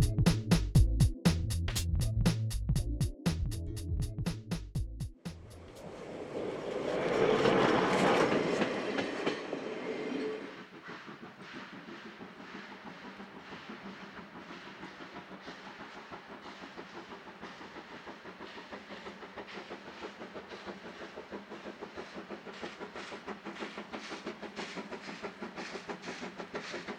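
A steam locomotive chuffs loudly and rhythmically, releases a swelling hiss of steam, then its carriages clatter past steadily and more quietly.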